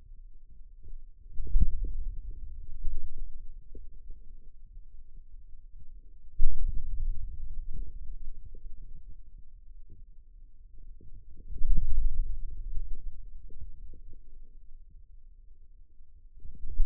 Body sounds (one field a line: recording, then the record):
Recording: forearm muscle sounds (acoustic myography)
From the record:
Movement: inward rotation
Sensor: system 2, bracelet of six BSWA MPA416 microphones around the upper forearm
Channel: 2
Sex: male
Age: 22 years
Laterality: right